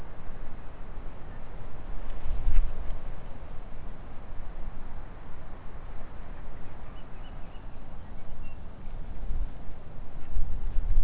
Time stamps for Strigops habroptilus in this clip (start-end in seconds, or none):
none